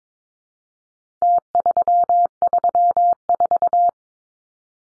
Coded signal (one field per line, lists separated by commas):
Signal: Morse code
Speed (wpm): 22 wpm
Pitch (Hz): 700 Hz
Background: none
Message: T334